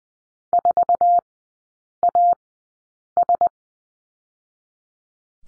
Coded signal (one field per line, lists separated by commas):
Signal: Morse code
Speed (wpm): 20 wpm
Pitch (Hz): 700 Hz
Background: none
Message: 4AS